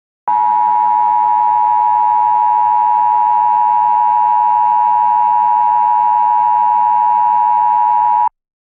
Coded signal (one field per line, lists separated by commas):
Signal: Emergency Alert System (SAME) tones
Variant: 853 and 960 Hz attention tone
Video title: EAS Shitpost